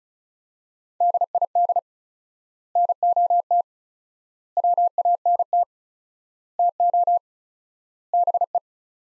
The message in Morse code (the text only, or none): DID NOT WANT TO BE